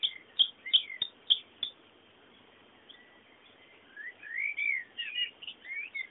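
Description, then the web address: Bird calls and song, a string of sharp clicking chips at first, then a quiet pause, followed by a warbled twittering phrase. Bird sounds meant as background ambience. "sounds fondo pajaros"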